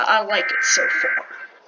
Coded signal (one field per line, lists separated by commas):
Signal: Emergency Alert System (SAME) tones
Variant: header bursts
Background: speech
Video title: Reacting To EAS Scenarios By HRW 200